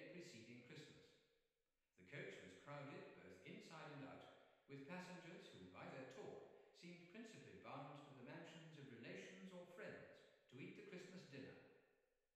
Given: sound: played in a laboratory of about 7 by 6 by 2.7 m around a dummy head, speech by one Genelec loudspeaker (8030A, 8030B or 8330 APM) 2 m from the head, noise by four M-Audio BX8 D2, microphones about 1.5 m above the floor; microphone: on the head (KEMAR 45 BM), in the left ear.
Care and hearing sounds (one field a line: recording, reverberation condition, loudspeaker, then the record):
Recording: male speech in English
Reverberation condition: high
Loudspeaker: behind (180 degrees)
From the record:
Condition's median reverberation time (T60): about 1300 ms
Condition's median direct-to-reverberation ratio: about -4.0 dB